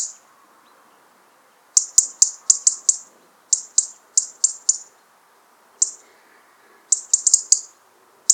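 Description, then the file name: European robin giving hard, high-pitched tick notes, singly or in rapid clusters, separated by short silences, against a faint low hum. Alarm call. "Rotkehlchen Alarm"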